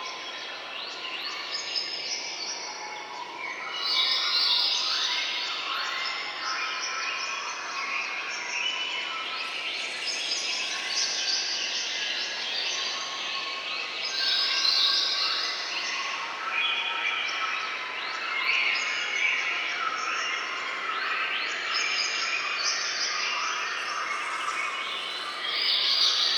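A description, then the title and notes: A dense, unbroken chorus of night insects and chirping creatures fills a jungle at night, with countless overlapping trills and clicks packed into the upper range. The wall of sound swells slightly around five and fifteen seconds, with no low sounds beneath. Jungle Night.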